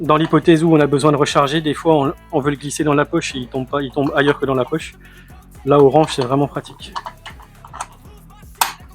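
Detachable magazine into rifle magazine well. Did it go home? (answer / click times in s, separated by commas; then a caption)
yes / 8.6 s. An orange polymer detachable magazine is slid back into the magazine well of a Beretta BRX 1 straight-pull hunting rifle in .300 Win Mag. Someone talks through most of the clip, then a few light clicks come around 7.7–7.8 s as the magazine goes in. It latches home with a sharp click at 8.6 s and locks into place.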